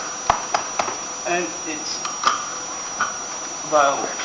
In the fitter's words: frame and it locks into place